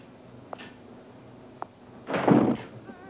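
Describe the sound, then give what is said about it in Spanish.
Two faint sharp clicks, then a short, louder rattling thud as a door swings shut, with no voices. “¿Has cerrado la puerta? Sí, creo que sí.”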